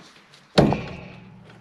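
A pipe fitting on a water heater tank connection, found not seated during an indirect water heater install, is pushed again. It goes home with a sharp knock at 0.6 s, followed by a quick secondary tap and a decaying low hum. The fitting is now seated.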